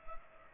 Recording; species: mosquito wingbeat signal from an infrared sensor; Culex pipiens